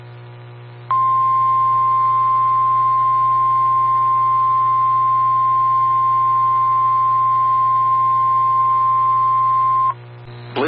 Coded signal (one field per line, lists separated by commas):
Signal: Emergency Alert System (SAME) tones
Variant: 1050 Hz attention tone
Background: speech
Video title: Blizzard Warning for Northern Connecticut ***EAS*** 2/22/26